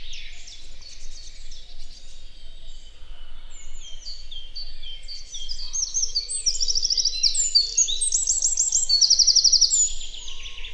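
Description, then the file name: Eurasian wren: soft twittering builds into a loud, rapid burst of piercing trills and rattles in the second half. "Troglodytes troglodytes"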